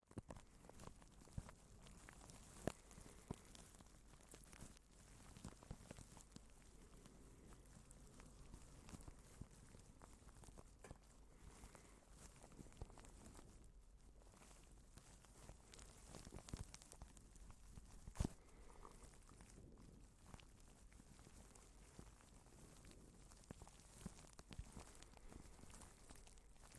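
Plastic wrap crinkles softly and continuously, a dense patter of small crackles with brief louder crackles, including a sharp one near eighteen seconds.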